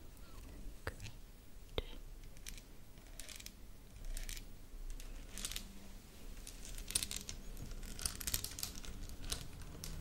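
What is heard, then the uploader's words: Dry scratching of skin, with hands rubbing and moving in short, uneven bursts of hiss. Two sharp ticks land early, around the first two seconds, then the scraping grows denser and busier toward the end over a low, quiet rumble. ASMR Scratching Your Face Hand Movements & Personal Attention.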